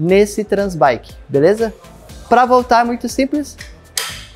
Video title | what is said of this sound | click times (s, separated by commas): COMO TRANSPORTAR A SUA BICICLETA? THULE EPOS 3 - UPGRADE BIKES! | já tá travado de novo | 4.0 s